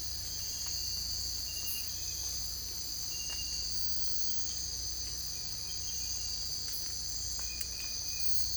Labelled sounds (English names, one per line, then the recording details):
none
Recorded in secondary vegetation near Puerto Asís, Putumayo, Colombia, on 22 December 2024 at 03:30
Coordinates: 0.481, -76.318
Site G042